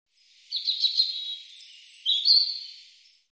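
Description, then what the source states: European robin song: short bursts of thin, high warbling notes, then a held high whistle and a sweet phrase, with no other sounds. Cleaned and normalized.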